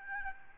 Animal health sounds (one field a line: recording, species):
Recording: mosquito wingbeat signal from an infrared sensor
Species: Aedes albopictus